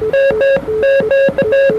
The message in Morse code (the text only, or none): MQ